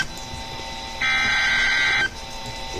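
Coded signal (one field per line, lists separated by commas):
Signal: Emergency Alert System (SAME) tones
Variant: header bursts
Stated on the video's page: Severe thunderstorm warning EAS tones from weather radio KZZ57 and a failed relay on WKGL-FM.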